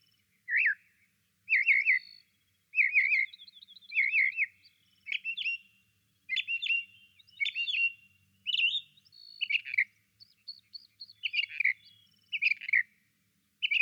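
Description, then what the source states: Desert mockingbird singing a string of varied phrases, buzzy trills and sharp whistled notes, roughly one phrase per second with short gaps. Solo singer.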